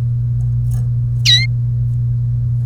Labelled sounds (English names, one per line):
Domestic Canary song